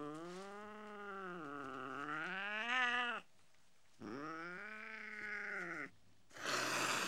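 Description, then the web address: Cat howling in two long, wavering yowls that dip and rise in pitch, followed by a harsh noisy burst at the end. "BBC Sound Effects Library BBC 06-Animals and Birds 06 Mog Cat Howling"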